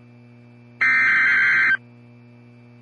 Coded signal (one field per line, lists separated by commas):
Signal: Emergency Alert System (SAME) tones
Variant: header bursts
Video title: 11/13/21 - Special Marine Warning on WXM60 (issued by Upton?) (EAS #283)